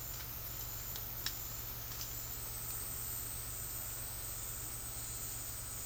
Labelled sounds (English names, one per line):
none